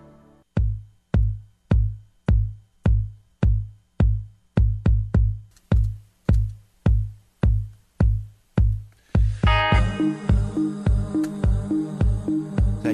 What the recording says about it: At the Moffitt Cancer Center this morning for an ultrasound on my arm, and you know that part of that is they'll turn the speaker on. It was the sound of my blood trying to see if I've got blood clots still. Today was my blood clot check.